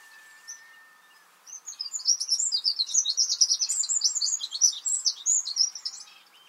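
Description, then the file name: Eurasian wren singing one long, fast, high-pitched trilling phrase of sharp notes lasting about five seconds, preceded by a faint thin whistle. "Troglodytes troglodytes"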